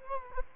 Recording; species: mosquito wingbeat signal from an infrared sensor; Culex quinquefasciatus